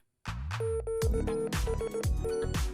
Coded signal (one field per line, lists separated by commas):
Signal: Morse code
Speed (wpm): 18 wpm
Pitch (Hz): 450 Hz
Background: music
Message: QST